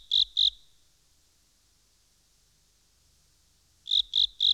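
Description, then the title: A frog's bright, high pulsed notes, two together, then near silence for over three seconds before three more notes follow. "NHK Sound Effects Collection - 3-Frogs"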